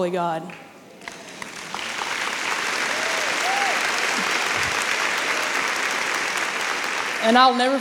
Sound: applause